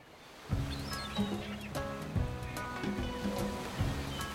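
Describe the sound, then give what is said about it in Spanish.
Ocean waves wash onto a shore in a steady, rushing surge that swells every second or so. Thin tonal cries and calls ring out over the water noise. “Este verano te gustaría vivirlo así, junto al mar, con emoción, vivir la noche.”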